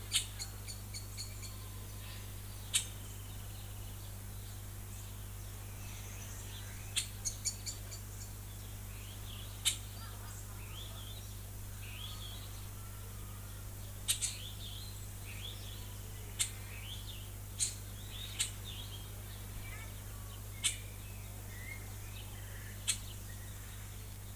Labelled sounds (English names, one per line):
Scarlet-headed Blackbird